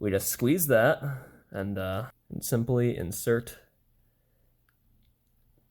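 Someone talks for the first 3.7 seconds while a crimped metal terminal pin is squeezed slightly and brought to the back of a plastic wiring harness connector during a 2012-2015 Honda Civic automatic window retrofit. The rest is near silence with only faint small noises. The pin has not seated or clicked into the connector yet.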